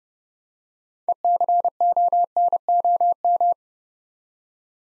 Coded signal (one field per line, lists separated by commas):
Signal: Morse code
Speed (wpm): 30 wpm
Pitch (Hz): 700 Hz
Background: none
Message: ECONOM